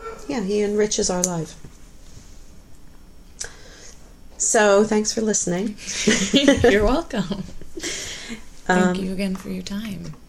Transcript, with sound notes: He enriches our lives. So thanks for listening. [Laughs]
You're welcome. Thank you again for your time.